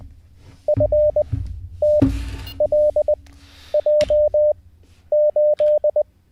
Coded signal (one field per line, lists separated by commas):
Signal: Morse code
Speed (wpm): 20 wpm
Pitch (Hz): 600 Hz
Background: none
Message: FTLJ8